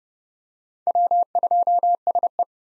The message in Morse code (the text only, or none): W2SE